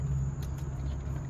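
A plastic wiring harness clip is slid onto a metal mounting tab on the 2.4L engine of a 2003–2007 seventh-generation Honda Accord during starter re-installation, before the intake manifold goes in. A steady low hum runs throughout, with faint scraping handling noises around 0.4 and 0.6 seconds. Nothing has seated or clicked yet.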